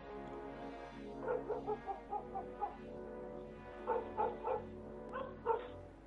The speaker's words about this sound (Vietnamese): Con chó sù lông lên, bắt đầu sủa dữ dội.